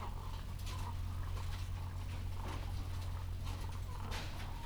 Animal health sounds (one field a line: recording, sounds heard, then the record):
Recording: poultry house recording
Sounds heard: sick chickens (respiratory disease)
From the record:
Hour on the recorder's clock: 13